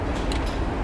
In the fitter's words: this is a real simple it just placed in Nice a little click right up in